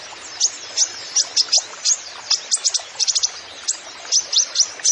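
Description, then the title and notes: Kolibri ninja song: bright, high-pitched tsip notes in rapid groups of two to four, steady and energetic throughout. Masteran training recording for songbirds, song full of isian (fill-in phrases) and tembakan (rapid shot notes), bird described as gacor (singing vigorously), meant as pancingan to lure other birds into singing. "MASTERAN KOLIBRI NINJA TERBAIK FULL ISIAN DAN TEMBAKAN MEWAH COCOK BUAT PANCINGAN. Suara Burung Kolibri Ninja Gacor"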